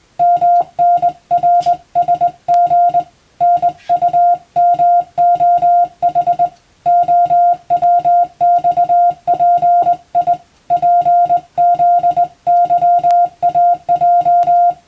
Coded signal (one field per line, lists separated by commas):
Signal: Morse code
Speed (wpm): 20 wpm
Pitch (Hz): 700 Hz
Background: music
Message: MNRSG NUMOH OWXPI PZYAJ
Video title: 無線従事者国家試験総合無線通信士電気通信術のトレーニングにＣＷを打ってみました。アマチュア無線ハムの受信練習にもどうぞ(morse code practice for radio operator )